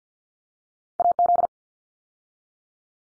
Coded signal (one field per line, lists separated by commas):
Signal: Morse code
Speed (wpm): 50 wpm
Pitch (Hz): 700 Hz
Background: none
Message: AZ